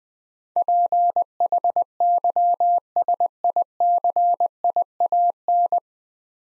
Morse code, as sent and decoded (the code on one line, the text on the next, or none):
.--. .... -.-- ... .. -.-. .. .- -.
PHYSICIAN